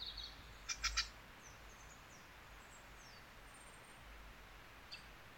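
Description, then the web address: Wild bird calls: a quick cluster of sharp high chirps near the one-second mark, then faint thin whistles and a short high note, over steady low background hiss. Wild bird, 27 August 2019. "yacho koe 190827"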